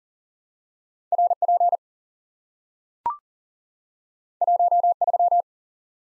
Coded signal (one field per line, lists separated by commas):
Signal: Morse code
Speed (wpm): 40 wpm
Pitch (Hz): 700 Hz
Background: none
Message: RP 13